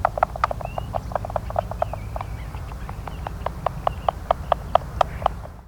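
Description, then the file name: Oregon spotted frog call, quick clicking pulses repeated several per second throughout, with faint thin whistles above and a steady low rumble beneath. "Rana pretiosa"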